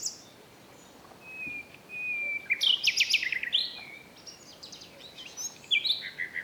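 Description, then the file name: Common nightingale song with thin drawn-out whistles, then bursts of rich buzzy chattering and twittering notes, followed by a few short whistled phrases. "Luscinia megarhynchos"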